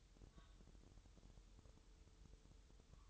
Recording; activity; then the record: daily activity, microphone in the room; take from stove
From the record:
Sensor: 3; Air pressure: 988.3 hPa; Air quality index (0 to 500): 191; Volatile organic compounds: 264 ppm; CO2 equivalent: 4397 ppm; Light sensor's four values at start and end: 24/75/32/27 and 24/75/31/27